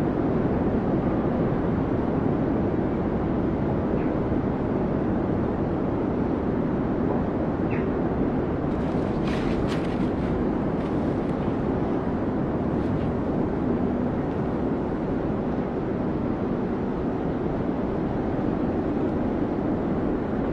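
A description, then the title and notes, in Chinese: Strong wind roars steadily and densely, mostly low and rumbling, with a cluster of brief bright clicks and rattles around the middle. 大风天气｜白噪音｜室内学习氛围音。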